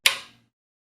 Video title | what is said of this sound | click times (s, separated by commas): Michelin Hydroedge Hybrid Wiper Blade Hook Arm Installation | close the cover you will hear a click | 0.1 s